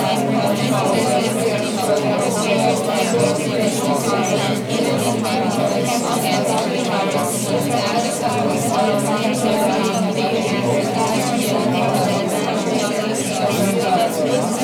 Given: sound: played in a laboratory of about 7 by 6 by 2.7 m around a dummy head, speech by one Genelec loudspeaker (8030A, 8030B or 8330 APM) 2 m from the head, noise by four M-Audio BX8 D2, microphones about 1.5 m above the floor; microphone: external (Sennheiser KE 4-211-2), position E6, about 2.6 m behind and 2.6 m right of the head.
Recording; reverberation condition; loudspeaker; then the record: babble noise; medium; four, about 170 cm from the corners of the room and facing them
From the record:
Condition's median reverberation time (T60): about 510 ms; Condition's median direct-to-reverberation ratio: about -0.5 dB